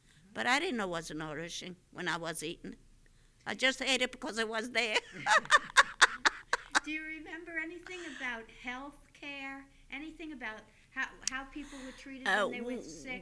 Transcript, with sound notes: But I didn't know it was nourishing when I was eating it. I just ate it because it was there. ( she laughs )
Do you remember anything about health care, anything about how people were treated when they were sick?